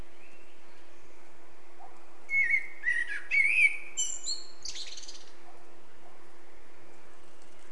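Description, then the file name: Eurasian blackbird singing one short phrase, low rich whistles dipping and rising, then a thin, high, scratchy flourish, against a constant low hum. "Turdus merula"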